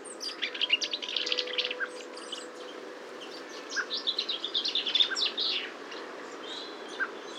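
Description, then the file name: Common chaffinch calls: two bursts of rapid high chirps and twittering separated by a quieter pause, with a faint low hum in the background. "Fringilla coelebs"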